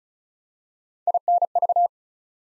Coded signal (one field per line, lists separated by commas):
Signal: Morse code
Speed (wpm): 36 wpm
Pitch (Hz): 700 Hz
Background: none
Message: INV